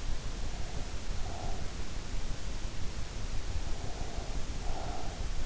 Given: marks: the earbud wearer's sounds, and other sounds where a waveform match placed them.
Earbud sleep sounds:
sounds in sleep by an in-ear microphone; breath
0.35-1.81 s: breath
3.57-5.39 s: breath

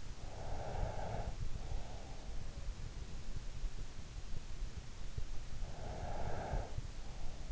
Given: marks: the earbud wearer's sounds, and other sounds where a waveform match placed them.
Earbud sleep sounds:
sounds in sleep by an in-ear microphone; breath
0.00-3.05 s: breath
5.05-7.48 s: breath

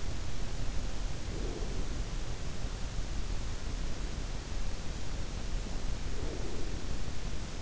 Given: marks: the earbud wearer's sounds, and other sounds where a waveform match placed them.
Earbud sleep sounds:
sounds in sleep by an in-ear microphone; breath
0.93-2.80 s: breath
5.85-7.62 s: breath

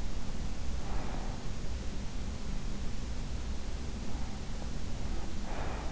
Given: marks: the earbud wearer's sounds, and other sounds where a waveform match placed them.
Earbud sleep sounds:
sounds in sleep by an in-ear microphone; breath
0.03-1.79 s: breath
4.03-5.92 s: breath

